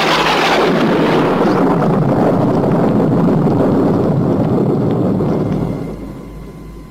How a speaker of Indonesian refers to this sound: Saat itu awan hitam mulai menyelimuti bumi Karang Sedana. Guntur mulai bersaut-sautan.